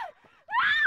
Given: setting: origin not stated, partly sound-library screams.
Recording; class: one-second piece from a danger detection set; woman in danger